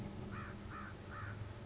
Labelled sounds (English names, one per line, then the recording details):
American Crow
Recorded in Sonoma County, California